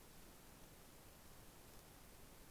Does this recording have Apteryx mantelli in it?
no